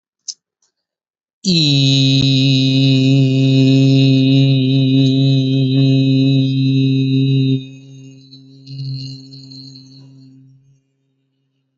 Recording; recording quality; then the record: sustained vowel as in beet; excellent, no background noise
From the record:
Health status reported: healthy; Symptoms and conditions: none ticked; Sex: male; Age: 29 years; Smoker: yes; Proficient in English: yes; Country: India